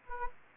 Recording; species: mosquito wingbeat signal from an infrared sensor; Anopheles gambiae